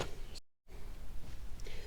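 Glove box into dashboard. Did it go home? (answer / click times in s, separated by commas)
no / none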